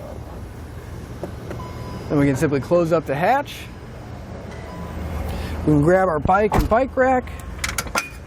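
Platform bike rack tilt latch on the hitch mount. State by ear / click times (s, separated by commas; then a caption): seated / 7.6 s, 7.8 s. A loaded RockyMounts MonoRail platform bike rack for 2 bikes, on the hitch mount of a 2019 Jeep Cherokee, has been tilted down to open the hatch and is lifted back up to the upright position. Someone talks, then two sharp clicks at 7.6 s and 7.8 s mark the tilt pin latching. The rack is locked back in place.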